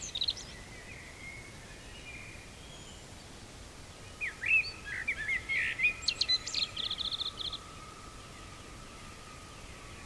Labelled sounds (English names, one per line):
Common Blackbird song